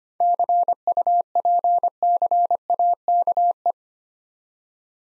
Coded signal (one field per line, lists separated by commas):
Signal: Morse code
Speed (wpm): 25 wpm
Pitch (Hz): 700 Hz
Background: none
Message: CUPCAKE